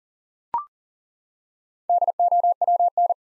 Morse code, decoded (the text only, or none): DOWN